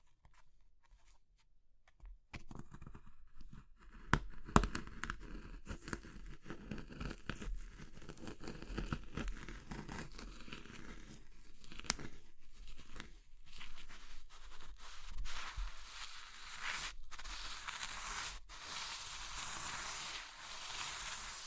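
Crushing of crumbly materials like soap, chalk and meringue, starting after about two seconds of near silence. Dense, irregular crackling and crunching continues throughout, with sharp snaps near 4, 12, 17 and 18 seconds and a steady bright hiss underneath.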